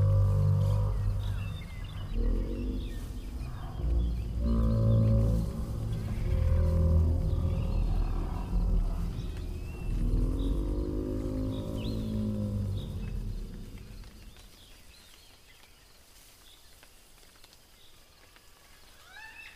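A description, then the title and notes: Deep, moaning roars from a large animal rise and fall through the first fourteen seconds, heavy and rumbling with long drawn-out calls. Behind them, a jungle ambience of faint birds and insects carries on, and after the roaring fades only that quieter forest backdrop remains. Mysterious jungle ambience | beastlands | deep roar | dangerous forest. Listen carefully you also hear the mysterious deep roar, moaning from distance.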